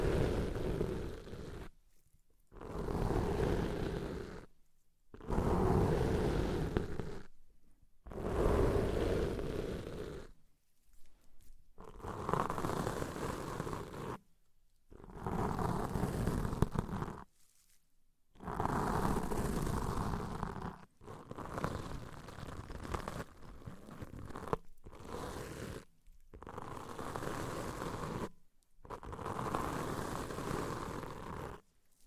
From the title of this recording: ASMR Deep Ear Cleaning